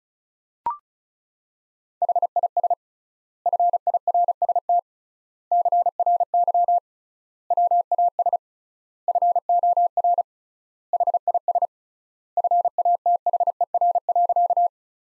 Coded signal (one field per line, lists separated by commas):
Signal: Morse code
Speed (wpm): 34 wpm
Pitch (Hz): 700 Hz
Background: none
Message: HIS FIRST CRY WAS FOR HIS FATHER.